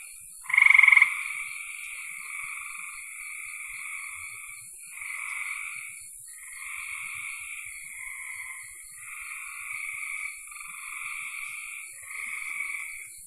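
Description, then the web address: Frog chorus of overlapping rattling trills, one loud pulsed call near the start followed by many softer trills in near-continuous succession, with a constant high hiss. "cn frogs"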